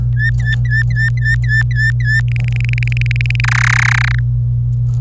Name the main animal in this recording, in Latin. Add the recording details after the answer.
Serinus canaria. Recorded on 26 April 2018 at 12:52. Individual llb3